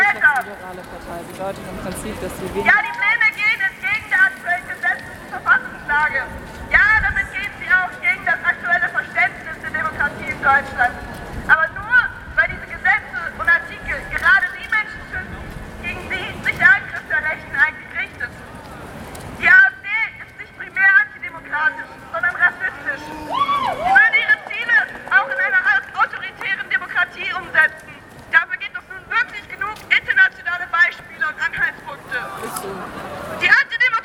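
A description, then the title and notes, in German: A spontaneous demonstration in Freiburg: many voices talk and call out at once in a dense, continuous crowd murmur. Sharp clicks and knocks break through often, with a brief lull near twenty seconds before the chatter rises again. Spontandemonstration in Freiburg im Anschluss an die Kundgebung gegen Rechtsextremismus. Im Anschluss an die Großkundgebung mit rund 8000 Menschen formte sich ein spontaner antifaschistischer und außerparlamentarischer Demonstrationszug. Die Demonstration zog vom Platz der Alten Synagoge eine Runde durch die Innenstadt.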